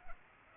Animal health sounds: mosquito wingbeat signal from an infrared sensor; Aedes aegypti

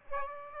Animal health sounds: mosquito wingbeat signal from an infrared sensor; Aedes aegypti

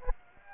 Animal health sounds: mosquito wingbeat signal from an infrared sensor; Aedes aegypti

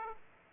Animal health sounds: mosquito wingbeat signal from an infrared sensor; Aedes aegypti

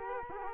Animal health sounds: mosquito wingbeat signal from an infrared sensor; Culex quinquefasciatus

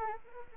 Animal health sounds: mosquito wingbeat signal from an infrared sensor; Anopheles arabiensis

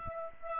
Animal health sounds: mosquito wingbeat signal from an infrared sensor; Aedes aegypti

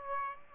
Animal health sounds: mosquito wingbeat signal from an infrared sensor; Aedes aegypti

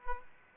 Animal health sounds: mosquito wingbeat signal from an infrared sensor; Aedes aegypti

